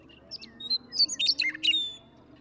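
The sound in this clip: Western meadowlark song: a quick, bright burst of fluty, gurgling notes over a soft low drone.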